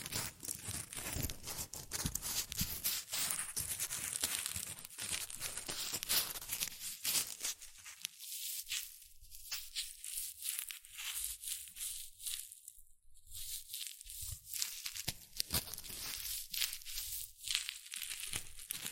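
Shredded tissue and packing peanuts rustle and crinkle in dense, irregular bursts of crisp, bright crackle. The first seven seconds are fuller and busier, then the handling thins into sparser, sharper crinkles with brief near-silent gaps, picking up again toward the end.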